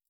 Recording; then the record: hydrophone in a shrimp aquaculture tank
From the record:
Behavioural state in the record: stressed